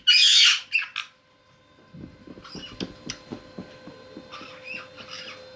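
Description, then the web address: Caique squawks, a harsh burst followed by a shorter one, then a string of soft clicking and rattling sounds with faint high chatter. Red-headed caique getting carried away while playing. "ryzhegolovyj razygralsya. parrots pionites"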